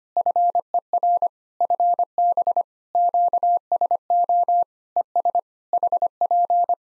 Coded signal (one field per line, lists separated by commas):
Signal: Morse code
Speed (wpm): 25 wpm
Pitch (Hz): 700 Hz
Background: none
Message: FER FB QSO ES HP